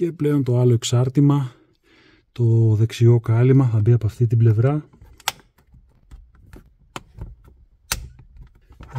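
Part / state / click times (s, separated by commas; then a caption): right plastic cover half onto the dashcam housing at the mirror base / seated / 5.3 s, 7.0 s, 7.9 s. Someone talks while the right-hand plastic cover half of a FitcamX dashcam is fitted against the camera housing at the mirror base. The two parts are pressed together, and sharp clicks ring out at 5.3, 7.0 and 7.9 seconds as the cover halves click together and seat.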